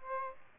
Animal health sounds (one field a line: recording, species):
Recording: mosquito wingbeat signal from an infrared sensor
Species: Aedes aegypti